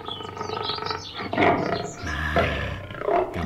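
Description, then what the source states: Tiger roaring, rough growling surges rising and falling over a few seconds. Described as a rare animal.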